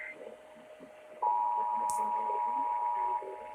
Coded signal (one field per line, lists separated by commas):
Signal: Emergency Alert System (SAME) tones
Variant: 853 and 960 Hz attention tone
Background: speech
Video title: Y'ALL KNOW SAN FRANCISCO BY NOW. Broadcast Radio EAS: Required Monthly Test (EAS #1,049-1,052)